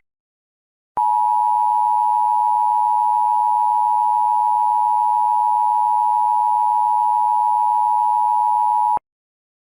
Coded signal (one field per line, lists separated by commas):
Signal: Emergency Alert System (SAME) tones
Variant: 853 and 960 Hz attention tone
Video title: War of the Machines (EAS Scenario)